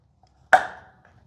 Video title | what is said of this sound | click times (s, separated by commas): Jeep JK Oil Change Walkthrough - Easy DIY Maintenance (Step-by-Step) | So you should hear an audible click, just like that. | 0.5 s